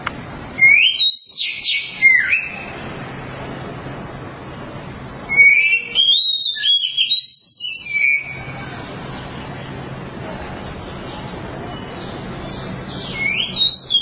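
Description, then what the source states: Oriental magpie-robin song in three bursts of bright, sliding whistled phrases, with steady hissing noise filling the gaps. Long-duration song.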